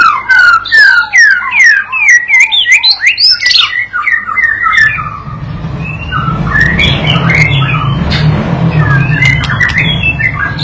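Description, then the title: White-rumped shama song: fast run of varied whistled, slurred notes with sharp clicks, then scattered notes over a steady low rumbling noise in the second half. Young shama (paud) being trained to sing continuously (gacor) with this master lure recording, meant to provoke the bird into answering immediately. "MURAI BATU PAUD BELAJAR GACOR, AJARI DENGAN MASTERAN PANCINGAN INI, PANCING LANGSUNG NYAUT"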